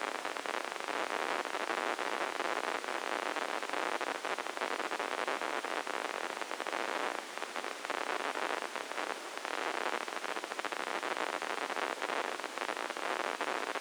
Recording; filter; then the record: brain microelectrode recording played as sound; spike band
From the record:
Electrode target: subthalamic nucleus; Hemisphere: left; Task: reaching with the right hand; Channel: 1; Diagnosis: Parkinson's disease